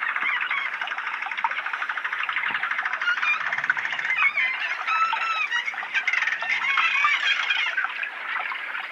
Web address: delfin mular. bottlenose dolphin